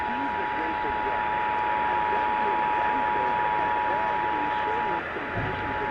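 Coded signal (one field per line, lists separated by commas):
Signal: Emergency Alert System (SAME) tones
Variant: 853 and 960 Hz attention tone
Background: speech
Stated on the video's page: Required monthly test relayed in Orange County on broadcast radio and an online stream.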